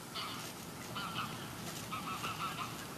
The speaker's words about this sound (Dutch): Kijk, die ganzen, die storen zich een beetje aan ons.